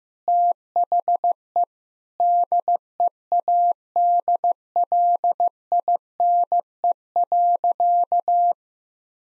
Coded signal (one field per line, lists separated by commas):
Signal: Morse code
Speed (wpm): 15 wpm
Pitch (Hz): 700 Hz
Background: none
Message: THE DEADLINE.